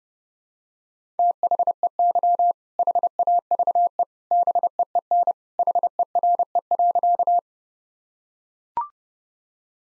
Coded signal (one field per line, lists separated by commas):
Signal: Morse code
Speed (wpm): 28 wpm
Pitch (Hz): 700 Hz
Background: none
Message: THEY HAVE BEEN HERE.